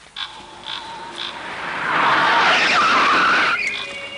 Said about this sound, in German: Der versucht doch tatsächlich mit seinem Motorrad den Hang der Müllkippe hochzurauschen.